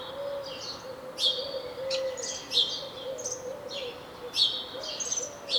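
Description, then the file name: House sparrow chirping, a busy string of sharp repeated cheeps, with a soft continuous hum beneath. "Passer domesticus"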